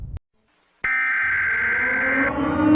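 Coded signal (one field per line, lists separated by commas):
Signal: Emergency Alert System (SAME) tones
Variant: header bursts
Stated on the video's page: Simulated EAS scenario using borrowed audio, including audio from a film.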